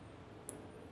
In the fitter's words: Fez tec? Ó, travou já.